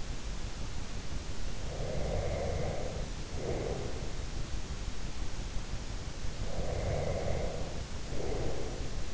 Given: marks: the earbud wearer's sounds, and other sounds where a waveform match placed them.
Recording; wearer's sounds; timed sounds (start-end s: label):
sounds in sleep by an in-ear microphone; breath
1.59-4.15 s: breath
6.35-9.14 s: breath